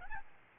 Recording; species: mosquito wingbeat signal from an infrared sensor; Aedes albopictus